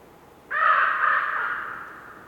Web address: Winter Forest Ambience WINTER Forest windy whistling blizzard snow with raven bird croaking, North Laurentian Woods, Canada